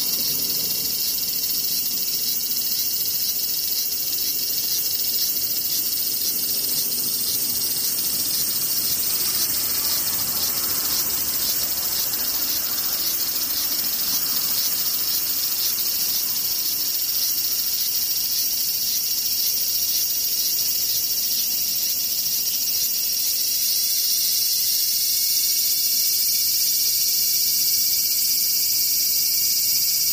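Cicadas drone without pause, a dense, bright, shrill buzz with a fast pulsing texture that holds steady for the whole stretch. Around the middle a softer rushing swell rises and fades, and near the end a thin higher whine joins the chorus.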